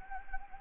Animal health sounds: mosquito wingbeat signal from an infrared sensor; Anopheles gambiae

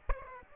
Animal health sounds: mosquito wingbeat signal from an infrared sensor; Aedes aegypti

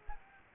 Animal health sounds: mosquito wingbeat signal from an infrared sensor; Aedes aegypti

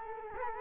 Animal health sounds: mosquito wingbeat signal from an infrared sensor; Culex quinquefasciatus

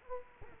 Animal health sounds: mosquito wingbeat signal from an infrared sensor; Culex quinquefasciatus

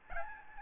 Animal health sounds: mosquito wingbeat signal from an infrared sensor; Aedes albopictus

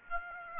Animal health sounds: mosquito wingbeat signal from an infrared sensor; Aedes aegypti

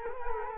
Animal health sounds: mosquito wingbeat signal from an infrared sensor; Culex quinquefasciatus

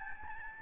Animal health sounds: mosquito wingbeat signal from an infrared sensor; Aedes albopictus

